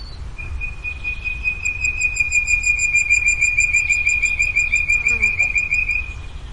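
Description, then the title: Bird trill: one long, even, high-pitched buzzy trill held for about five seconds, with a faint lower note near the end. "LuckyPassaro Completos2Sama"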